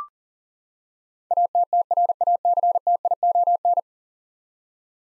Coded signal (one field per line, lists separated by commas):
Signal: Morse code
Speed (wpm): 39 wpm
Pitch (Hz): 700 Hz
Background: none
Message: ATTRACTION